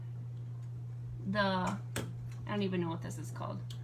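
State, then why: Not seated. A small magnetic tray piece is handled as it is about to be set onto the housing of a Glowforge laser cutter, while someone talks over a steady low hum. Nothing has seated or clicked yet.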